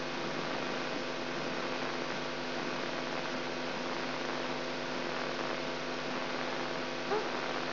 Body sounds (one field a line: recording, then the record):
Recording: brain microelectrode recording played as sound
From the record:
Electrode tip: inside the subthalamic nucleus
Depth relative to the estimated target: 1 mm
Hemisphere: left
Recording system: AlphaMap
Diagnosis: Parkinson's disease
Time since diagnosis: 16 years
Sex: female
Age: 67 years